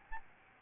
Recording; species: mosquito wingbeat signal from an infrared sensor; Aedes albopictus